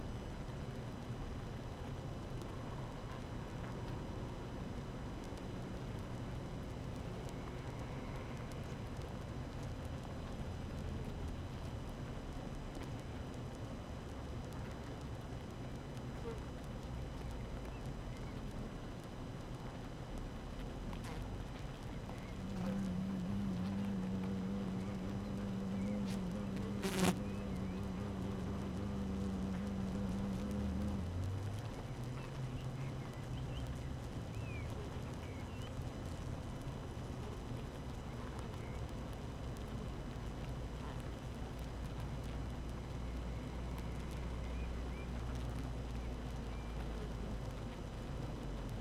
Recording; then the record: honeybee colony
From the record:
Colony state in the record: active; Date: 12 June 2018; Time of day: 7:20